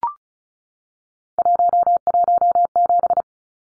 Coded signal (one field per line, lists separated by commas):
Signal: Morse code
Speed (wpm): 34 wpm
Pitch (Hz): 700 Hz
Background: none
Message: 117